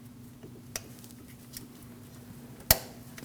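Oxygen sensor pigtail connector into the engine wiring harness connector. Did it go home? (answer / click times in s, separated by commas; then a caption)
yes / 2.7 s. A new oxygen sensor's plastic electrical pigtail connector is lined up and pushed into the engine wiring harness connector on a 2012-2021 Nissan NV2500 5.6L V8. After a few faint ticks and rattles, one sharp, loud click sounds at 2.7 s as the connector seats.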